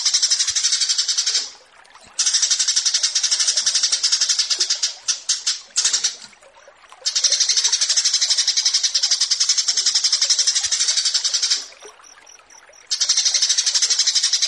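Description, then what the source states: Horsfield's bush lark song: a dense, buzzy, high stream of rapid repeated notes, broken by a few short pauses. Bird-keeping song tutoring recording (masteran) of a Javan bush lark, presented alongside another bird in a versus format.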